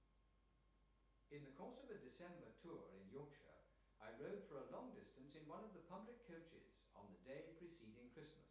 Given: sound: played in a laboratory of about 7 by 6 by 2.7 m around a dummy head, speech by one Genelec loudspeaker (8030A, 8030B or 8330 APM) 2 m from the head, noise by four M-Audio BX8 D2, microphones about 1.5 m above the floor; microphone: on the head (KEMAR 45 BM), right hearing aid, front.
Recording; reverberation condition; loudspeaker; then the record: male speech in English; medium; 90 degrees to the left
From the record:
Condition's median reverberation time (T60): about 510 ms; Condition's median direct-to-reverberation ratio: about -0.5 dB